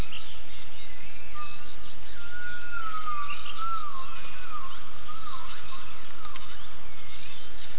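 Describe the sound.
Gibbon calls, whistled notes that swoop and slide downward in pitch, heard over a loud, constant insect buzz.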